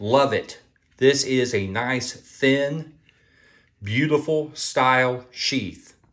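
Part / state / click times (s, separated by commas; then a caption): fixed-blade knife into Kydex sheath / not seated / none. A SOG Pillar USA-made fixed-blade knife with a 5-inch two-tone S35VN blade and canvas Micarta handle is being handled near its Kydex sheath while someone talks. Only speech is heard, with a few faint ticks around 3.1 s, 3.7 s and 6.0 s. The knife has not yet snapped into the sheath, and nothing has seated or clicked.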